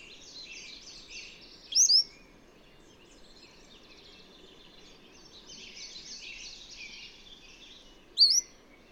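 Bird song: stretches of fine twittering and trills, broken twice by a single sharp, high whistled sweep.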